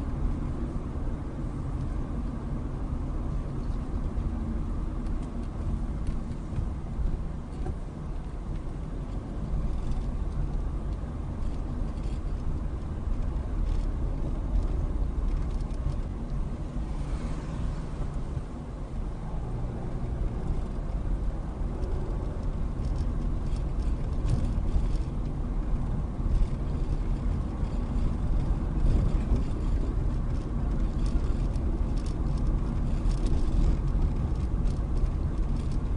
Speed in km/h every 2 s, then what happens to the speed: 27, 26, 23, 18, 21, 23, 21, 21, 16, 19, 21, 23, 24, 26, 26, 26, 26, 24.
0-5 slows to 18. 5-16 steady at about 21. 16-26 speeds up to 26. 26-36 steady at about 26.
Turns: 3-6.